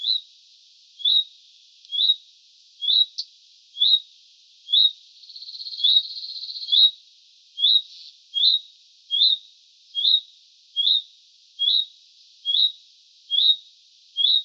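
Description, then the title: Common redstart calling, a high short upslurred note repeated steadily about once per second, with a faint hiss of background noise midway. Juvenile bird. "Sylvain Jaskowiak - Mes piafs. Rougequeue à front blanc juvénile"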